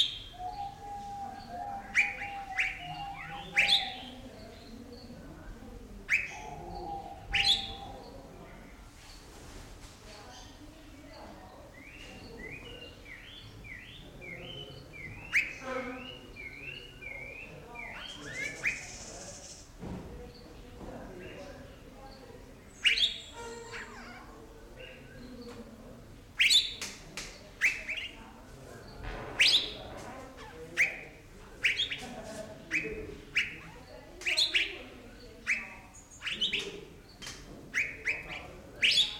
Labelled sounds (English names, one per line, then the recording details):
Asian Fairy-bluebird call
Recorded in captivity
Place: Zoo Münster, Nordrhein-Westfalen, DE
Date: 1991-09-24 11:47
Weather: schwül, 22-24°C
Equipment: Marantz CP 430, Sennheiser ME 80, K 30 AV, Kopie Tesla B 116
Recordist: Tembrock, Günter
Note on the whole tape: Lautfolgen